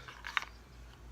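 A Schrade SCHF55 fixed-blade carbon steel knife is pushed into its molded plastic belt sheath, which is not Kydex. Faint scraping leads into a sharp snap at 0.4 s, followed by a small rattle. The knife seats with a click and holds with good retention.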